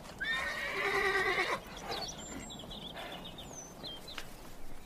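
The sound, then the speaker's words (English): A horse, Ginger, gives a loud, quavering whinny lasting over a second, calling to another horse being led away, followed by a few soft hoof clops and scattered high bird chirps against a steady outdoor hiss. “As I was led off, Ginger trotted anxiously along by the hedge, calling to me as long as she could hear the sound of my hooves.”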